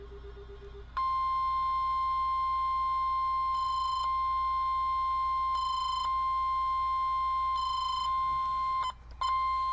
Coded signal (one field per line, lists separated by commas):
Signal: Emergency Alert System (SAME) tones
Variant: 1050 Hz attention tone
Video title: EAS Required Weekly Test NOAA Weather Radio KEC65 ( First Alert WX-268 Edition!)